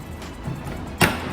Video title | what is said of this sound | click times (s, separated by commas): How to remove/replace rear bumper cover 2009-2013 Toyota Corolla | Okay, you hear the clip, go to this side, hear | 1.0 s